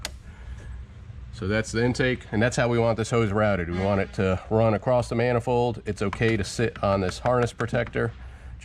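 The push-to-connect fitting on a J&L 3126P oil catch can hose is pushed onto the engine intake port of a 2019–2026 Ram 1500 3.6L and gives a sharp click at 0.1 s as it latches and seats. Someone then talks for the rest of the clip.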